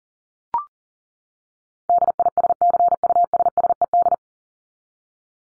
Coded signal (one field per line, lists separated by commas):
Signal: Morse code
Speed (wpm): 40 wpm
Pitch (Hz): 700 Hz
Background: none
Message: DISCUSSED